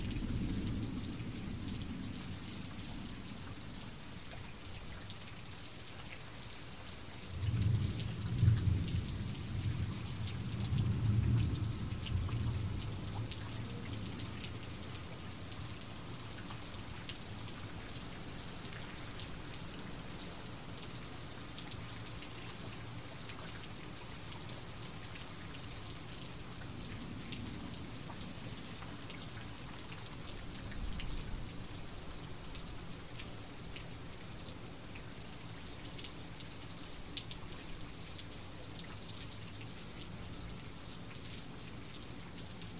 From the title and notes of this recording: The sound of raindrops hitting the ground or a roof.